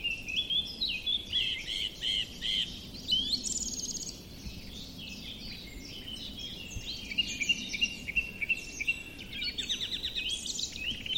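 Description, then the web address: Song thrush song: varied whistled and rattling phrases, some repeated in quick series. "cianscape birddata Deverinetal 2025"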